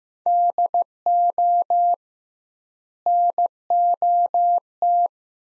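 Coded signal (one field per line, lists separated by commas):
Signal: Morse code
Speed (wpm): 15 wpm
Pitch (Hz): 700 Hz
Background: none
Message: DO NOT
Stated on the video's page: Morse practice of sets of five words at 15 wpm with 2x word spacing, a Farnsworth-like method; words sent, spoken, then sent again.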